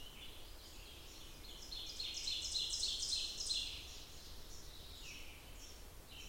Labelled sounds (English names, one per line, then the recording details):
Ovenbird song
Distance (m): 40 m
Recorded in boreal forest in Alberta, Canada, on 27 June 2016 at 06:28
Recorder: SongMeter 3, array SBT-6-79
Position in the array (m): 134 m, 148 m
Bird 40